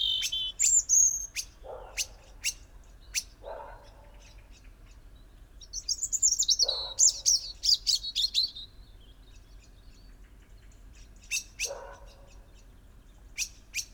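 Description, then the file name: European robin singing high, thin, sliding phrases among sharp clicks, with lower, soft, rough notes heard several times in the background. "Erithacus rubecula"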